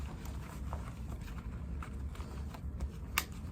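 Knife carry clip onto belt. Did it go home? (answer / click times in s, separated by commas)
yes / 3.2 s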